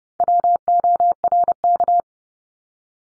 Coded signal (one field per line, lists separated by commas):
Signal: Morse code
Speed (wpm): 30 wpm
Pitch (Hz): 700 Hz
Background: none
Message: WORK